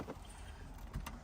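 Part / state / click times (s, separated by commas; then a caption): bottom T-harness plug into factory connector / seated / 1.1 s. The bottom plug of an AutoChimp AC-DUAL-HILUX-2016 T-harness is pushed, a bit tight, into its mating factory connector on a 2016–2020 Toyota HiLux screen. Faint handling noise and small ticks lead up to a sharp click at 1.1 s as the plug seats all the way in.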